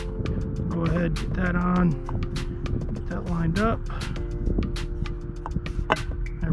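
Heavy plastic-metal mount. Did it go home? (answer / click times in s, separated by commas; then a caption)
yes / 5.9 s. A Minn Kota Riptide Terrova trolling motor mount, replacing a Riptide Ulterra after repeated failures, is lined up with its locating pin and pushed down onto the boat's quick-release mounting plate while someone talks and music plays underneath. A series of light knocks and taps leads up to a sharp, loud pop at 5.9 s as the mount seats into place.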